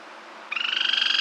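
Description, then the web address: Bird starting a rich, rapidly pulsed rolling trill halfway through, rising out of a steady hiss of background noise. Roll call, in a Costa Rican cloud forest. "Birds of the Costa Rican Cloud Forest"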